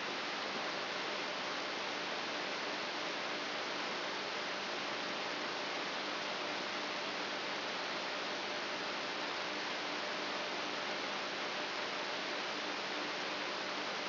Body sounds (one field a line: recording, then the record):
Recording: brain microelectrode recording played as sound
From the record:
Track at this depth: inside the subthalamic nucleus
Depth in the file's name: 5.816 mm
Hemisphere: left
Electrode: 3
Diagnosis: Parkinson's disease